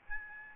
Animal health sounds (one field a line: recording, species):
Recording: mosquito wingbeat signal from an infrared sensor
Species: Aedes albopictus